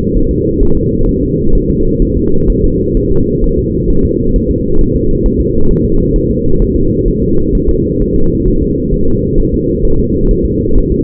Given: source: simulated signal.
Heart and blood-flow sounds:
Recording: fetal heart sounds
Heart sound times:
0.17 s: S1
0.31 s: S2
0.63 s: S1
0.77 s: S2
1.09 s: S1
1.23 s: S2
1.55 s: S1
1.70 s: S2
2.02 s: S1
2.17 s: S2
2.50 s: S1
2.64 s: S2
2.97 s: S1
3.11 s: S2
3.44 s: S1
3.58 s: S2
3.91 s: S1
4.05 s: S2
4.36 s: S1
4.51 s: S2
4.81 s: S1
4.96 s: S2
5.26 s: S1
5.40 s: S2
5.71 s: S1
5.85 s: S2
6.16 s: S1
6.30 s: S2
6.62 s: S1
6.76 s: S2
7.08 s: S1
7.22 s: S2
7.55 s: S1
7.69 s: S2
8.02 s: S1
8.16 s: S2
8.48 s: S1
8.62 s: S2
8.94 s: S1
9.08 s: S2
9.39 s: S1
9.54 s: S2
9.85 s: S1
9.99 s: S2
10.31 s: S1
10.45 s: S2
10.78 s: S1
10.92 s: S2
From the record:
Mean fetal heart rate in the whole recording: 130 bpm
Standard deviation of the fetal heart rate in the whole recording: 4 bpm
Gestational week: 38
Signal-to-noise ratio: -17.7 dB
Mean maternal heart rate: 72 bpm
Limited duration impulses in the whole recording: present

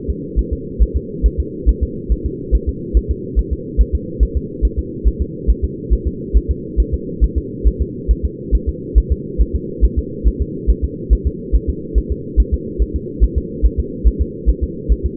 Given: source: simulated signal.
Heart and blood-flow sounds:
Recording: fetal heart sounds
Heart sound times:
0.10 s: S2
0.39 s: S1
0.53 s: S2
0.83 s: S1
0.97 s: S2
1.26 s: S1
1.40 s: S2
1.69 s: S1
1.83 s: S2
2.12 s: S1
2.26 s: S2
2.55 s: S1
2.69 s: S2
2.97 s: S1
3.11 s: S2
3.39 s: S1
3.53 s: S2
3.81 s: S1
3.95 s: S2
4.23 s: S1
4.37 s: S2
4.65 s: S1
4.79 s: S2
5.08 s: S1
5.22 s: S2
5.50 s: S1
5.64 s: S2
5.93 s: S1
6.08 s: S2
6.37 s: S1
6.51 s: S2
6.80 s: S1
6.94 s: S2
7.24 s: S1
7.38 s: S2
7.67 s: S1
7.82 s: S2
8.11 s: S1
8.25 s: S2
8.55 s: S1
8.69 s: S2
8.98 s: S1
9.12 s: S2
9.41 s: S1
9.56 s: S2
9.85 s: S1
9.99 s: S2
10.28 s: S1
10.42 s: S2
10.70 s: S1
10.84 s: S2
11.13 s: S1
11.27 s: S2
11.56 s: S1
11.70 s: S2
11.98 s: S1
12.12 s: S2
12.40 s: S1
12.54 s: S2
12.82 s: S1
12.96 s: S2
13.24 s: S1
13.38 s: S2
13.66 s: S1
13.80 s: S2
14.07 s: S1
14.22 s: S2
14.49 s: S1
14.64 s: S2
14.92 s: S1
15.06 s: S2
From the record:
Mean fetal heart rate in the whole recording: 140 bpm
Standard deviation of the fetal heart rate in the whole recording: 2 bpm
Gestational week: 34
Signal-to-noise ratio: -4.1 dB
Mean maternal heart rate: no maternal heart sound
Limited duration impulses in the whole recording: absent

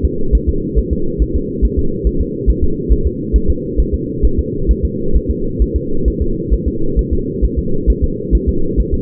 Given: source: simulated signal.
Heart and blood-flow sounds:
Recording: fetal heart sounds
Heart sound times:
0.05 s: S2
0.35 s: S1
0.49 s: S2
0.79 s: S1
0.93 s: S2
1.22 s: S1
1.36 s: S2
1.65 s: S1
1.79 s: S2
2.07 s: S1
2.21 s: S2
2.50 s: S1
2.64 s: S2
2.92 s: S1
3.06 s: S2
3.36 s: S1
3.50 s: S2
3.80 s: S1
3.94 s: S2
4.25 s: S1
4.39 s: S2
4.71 s: S1
4.85 s: S2
5.16 s: S1
5.31 s: S2
5.62 s: S1
5.76 s: S2
6.08 s: S1
6.22 s: S2
6.54 s: S1
6.68 s: S2
6.99 s: S1
7.13 s: S2
7.44 s: S1
7.59 s: S2
7.90 s: S1
8.04 s: S2
8.35 s: S1
8.49 s: S2
8.80 s: S1
8.94 s: S2
From the record:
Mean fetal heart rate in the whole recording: 135 bpm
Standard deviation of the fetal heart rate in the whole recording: 3 bpm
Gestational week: 34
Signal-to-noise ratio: -8.1 dB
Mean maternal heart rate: 72 bpm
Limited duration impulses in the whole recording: absent

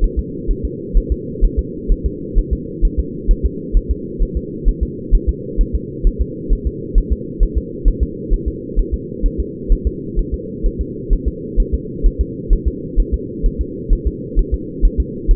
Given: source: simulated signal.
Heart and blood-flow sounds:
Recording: fetal heart sounds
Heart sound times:
0.04 s: S1
0.19 s: S2
0.51 s: S1
0.65 s: S2
0.97 s: S1
1.12 s: S2
1.45 s: S1
1.59 s: S2
1.92 s: S1
2.06 s: S2
2.38 s: S1
2.53 s: S2
2.85 s: S1
3.00 s: S2
3.31 s: S1
3.46 s: S2
3.77 s: S1
3.91 s: S2
4.23 s: S1
4.37 s: S2
4.68 s: S1
4.83 s: S2
5.15 s: S1
5.29 s: S2
5.61 s: S1
5.75 s: S2
6.07 s: S1
6.21 s: S2
6.53 s: S1
6.67 s: S2
6.98 s: S1
7.12 s: S2
7.43 s: S1
7.58 s: S2
7.88 s: S1
8.03 s: S2
8.34 s: S1
8.48 s: S2
8.79 s: S1
8.94 s: S2
9.26 s: S1
9.40 s: S2
9.72 s: S1
9.87 s: S2
10.19 s: S1
10.34 s: S2
10.66 s: S1
10.81 s: S2
11.13 s: S1
11.28 s: S2
11.60 s: S1
11.74 s: S2
12.06 s: S1
12.21 s: S2
12.53 s: S1
12.68 s: S2
13.00 s: S1
13.14 s: S2
13.46 s: S1
13.61 s: S2
13.93 s: S1
14.07 s: S2
14.39 s: S1
14.54 s: S2
14.85 s: S1
15.00 s: S2
15.31 s: S1
From the record:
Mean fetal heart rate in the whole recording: 130 bpm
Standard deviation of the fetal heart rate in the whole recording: 2 bpm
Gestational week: 38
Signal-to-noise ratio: -4.1 dB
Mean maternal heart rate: no maternal heart sound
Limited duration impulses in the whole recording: absent

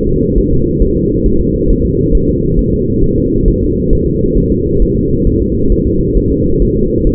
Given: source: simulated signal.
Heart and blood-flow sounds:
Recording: fetal heart sounds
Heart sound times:
0.09 s: S2
0.38 s: S1
0.53 s: S2
0.82 s: S1
0.97 s: S2
1.26 s: S1
1.41 s: S2
1.70 s: S1
1.85 s: S2
2.15 s: S1
2.29 s: S2
2.59 s: S1
2.74 s: S2
3.04 s: S1
3.18 s: S2
3.48 s: S1
3.63 s: S2
3.93 s: S1
4.07 s: S2
4.37 s: S1
4.52 s: S2
4.82 s: S1
4.97 s: S2
5.27 s: S1
5.42 s: S2
5.72 s: S1
5.87 s: S2
6.17 s: S1
6.32 s: S2
6.62 s: S1
6.77 s: S2
7.07 s: S1
From the record:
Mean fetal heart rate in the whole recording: 135 bpm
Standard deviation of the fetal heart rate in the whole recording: 3 bpm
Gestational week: 36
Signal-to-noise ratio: -15.3 dB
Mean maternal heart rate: 72 bpm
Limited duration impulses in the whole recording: present

